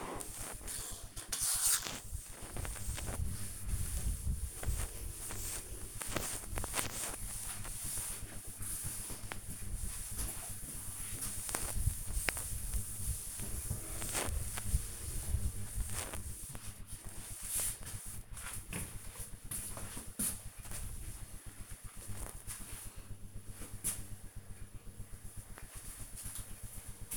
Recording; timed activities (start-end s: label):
household activities, microphone on the right wrist
0.00-18.03 s: cleaning table